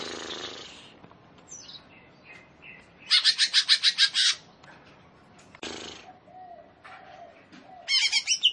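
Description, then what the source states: Leafbird song in short separated outbursts: a pulsing rattle, a single sharp note and a buzzy trill, with quieter faint notes between. Cucak ijo, described as gacor, i.e. singing vigorously.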